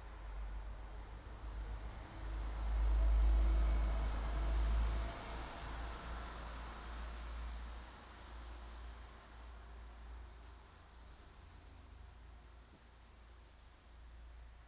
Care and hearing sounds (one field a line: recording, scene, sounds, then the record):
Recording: everyday scene through a hearing-aid microphone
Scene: in traffic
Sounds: traffic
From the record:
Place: city secondary road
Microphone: in the ear canal, right